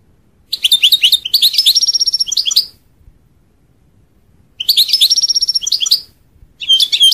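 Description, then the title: European goldfinch song given in short bursts of quick tinkling notes and buzzy trills, with quiet gaps between. "Chant Chardonneret"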